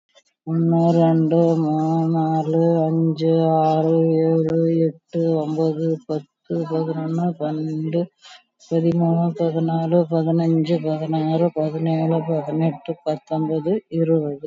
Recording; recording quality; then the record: counting at a normal pace; excellent, no background noise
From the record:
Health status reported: COVID-19 positive, moderate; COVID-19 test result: positive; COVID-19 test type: RT-PCR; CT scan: taken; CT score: 5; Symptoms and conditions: cough, cold, breathing difficulty, fever, fatigue, muscle pain, loss of smell and taste, diarrhoea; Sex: female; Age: 65 years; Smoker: no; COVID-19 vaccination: one dose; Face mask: worn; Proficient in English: yes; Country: India